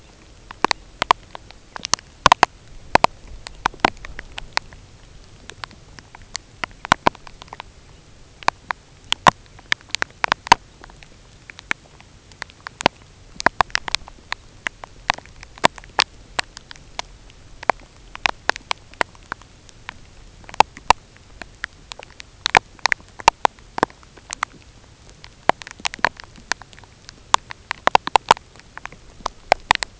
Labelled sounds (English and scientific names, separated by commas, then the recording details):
none
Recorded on Arctic tundra, site UTQI-0, on 13 June 2019
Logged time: 10:00